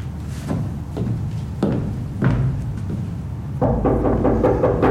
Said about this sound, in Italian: Chi è che bussa a quest'ora?